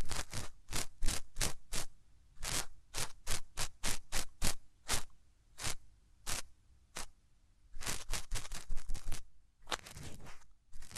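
Hands rub over the ears in quick, bright scraping strokes, each a short burst, coming in a steady rhythm of roughly two per second. A brief pause falls near the middle and another around ten seconds, with denser, overlapping rubs between. No talking.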